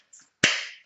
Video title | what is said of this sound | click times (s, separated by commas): Fantaseal Cell Phone Holder ► Smartphone Hand Grip ◄ iPhone Android Selfie Stick Stabilizer | can just kind of see such a snaps right into place whoops | 0.4 s